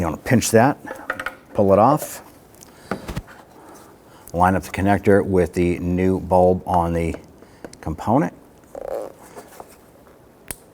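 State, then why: Seated. On a 1992–1997 Toyota Camry, someone talks while pinching the tab on the electrical wiring connector, pulling it off, and lining it up with the new parking light bulb socket. Small handling clicks follow. The connector is pushed onto the socket and seats with a sharp click at 10.5 s.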